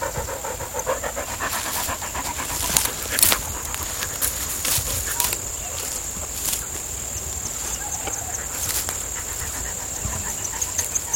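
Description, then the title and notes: Dog panting, broken by several sharp clicks, over a steady high-pitched insect drone. Luna, a female dog, on a hill on the outskirts of San Cristóbal de Las Casas, Chiapas, May 2021, with cicadas. "Luna en el cerro con fondo de campañas electorales a lo lejos. Luna (perra). San Cristóbal de Las Casas, Chiapas, mayo 2021"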